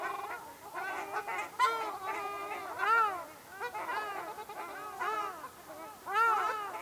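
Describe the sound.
Ruddy shelduck honks, nasal and arched in pitch, repeated throughout.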